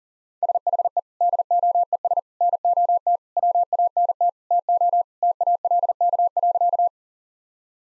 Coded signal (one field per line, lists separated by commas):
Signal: Morse code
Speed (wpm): 40 wpm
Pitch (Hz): 700 Hz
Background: none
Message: SHE DOES NOT WANT TO TALK.